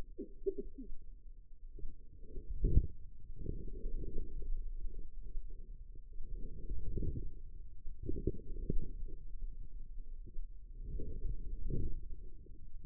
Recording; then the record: forearm muscle sounds (acoustic myography)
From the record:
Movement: wrist flexion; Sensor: system 2, bracelet of six BSWA MPA416 microphones around the upper forearm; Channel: 3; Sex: female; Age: 25 years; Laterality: right